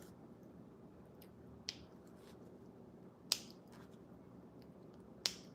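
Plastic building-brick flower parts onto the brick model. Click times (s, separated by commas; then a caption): 1.7 s, 3.3 s, 5.3 s. Small plastic building-brick flower pieces are hooked onto a brick model, snapping onto its studs. Three sharp clicks sound at 1.7, 3.3 and 5.3 seconds over a low steady background. Each part seats firmly in place.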